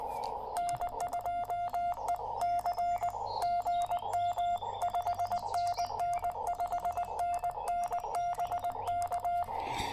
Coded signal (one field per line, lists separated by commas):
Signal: Morse code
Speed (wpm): 18 wpm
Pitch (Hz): 700 Hz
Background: none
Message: N2EC GM 5NN 5NN BK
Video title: Hamvention 2024: POTA Activation Kickoff at Strouds Run State Park in Athens, Ohio!